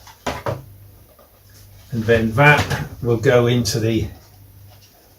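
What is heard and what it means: A clip-on part is pressed over its mounting spot during final assembly of a balsa RC Sopwith Triplane model aircraft, giving two sharp clicks at 0.3 s and 0.5 s as it clips into place and seats. Someone then talks from about 1.9 s to 4.2 s.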